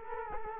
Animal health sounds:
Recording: mosquito wingbeat signal from an infrared sensor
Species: Culex quinquefasciatus

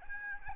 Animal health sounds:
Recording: mosquito wingbeat signal from an infrared sensor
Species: Aedes albopictus

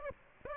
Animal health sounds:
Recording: mosquito wingbeat signal from an infrared sensor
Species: Aedes aegypti

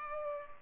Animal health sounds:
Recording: mosquito wingbeat signal from an infrared sensor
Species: Culex pipiens

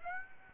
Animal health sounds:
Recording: mosquito wingbeat signal from an infrared sensor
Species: Aedes aegypti

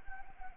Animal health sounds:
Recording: mosquito wingbeat signal from an infrared sensor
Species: Anopheles arabiensis

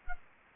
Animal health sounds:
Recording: mosquito wingbeat signal from an infrared sensor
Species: Culex quinquefasciatus

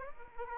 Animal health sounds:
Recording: mosquito wingbeat signal from an infrared sensor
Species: Aedes aegypti

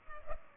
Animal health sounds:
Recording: mosquito wingbeat signal from an infrared sensor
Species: Culex pipiens

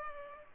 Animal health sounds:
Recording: mosquito wingbeat signal from an infrared sensor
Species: Culex pipiens

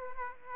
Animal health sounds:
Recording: mosquito wingbeat signal from an infrared sensor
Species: Aedes aegypti

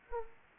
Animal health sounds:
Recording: mosquito wingbeat signal from an infrared sensor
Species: Anopheles arabiensis

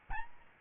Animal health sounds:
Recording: mosquito wingbeat signal from an infrared sensor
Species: Aedes albopictus

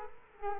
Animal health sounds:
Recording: mosquito wingbeat signal from an infrared sensor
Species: Culex quinquefasciatus

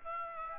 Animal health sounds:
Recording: mosquito wingbeat signal from an infrared sensor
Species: Aedes aegypti

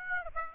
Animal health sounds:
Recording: mosquito wingbeat signal from an infrared sensor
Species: Aedes aegypti

